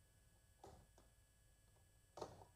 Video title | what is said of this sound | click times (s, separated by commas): DIY Cricut Christmas Advent Calendar - Easy 3D Paper Project! | waiting for the click i never heard the click no | none